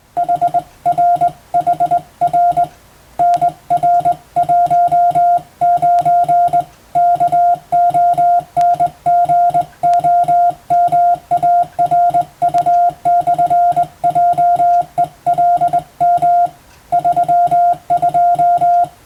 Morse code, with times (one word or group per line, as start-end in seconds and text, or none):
0.2-2.6 HRHR
3.2-6.6 NR19
7.0-16.5 KONGOMARU/JELM
16.9-18.8 32